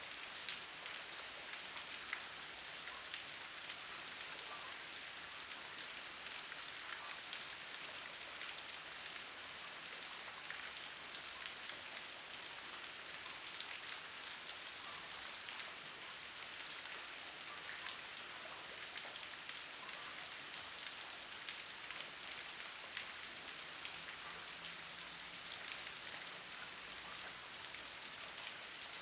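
Steady rain falls throughout as a dense, unbroken hiss, bright and even in level with no pauses. Countless fine drop impacts blur together into a constant wash, and a faint low hum rises briefly near the end.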